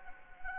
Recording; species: mosquito wingbeat signal from an infrared sensor; Anopheles gambiae